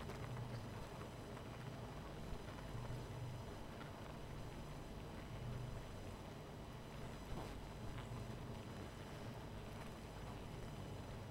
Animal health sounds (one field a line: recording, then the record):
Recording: honeybee colony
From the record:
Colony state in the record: missing queen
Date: 14 July 2017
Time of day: 23:10